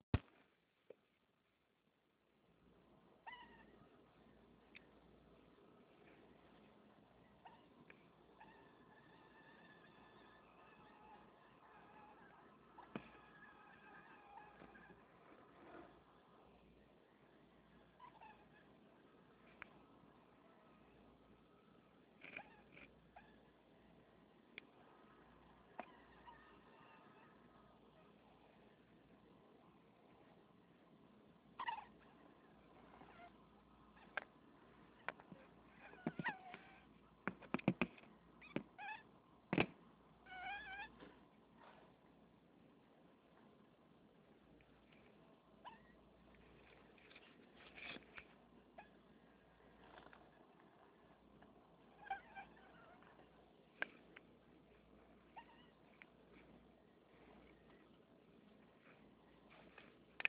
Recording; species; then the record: mosquito flight sound by mobile phone; Anopheles stephensi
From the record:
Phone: Nokia 6555B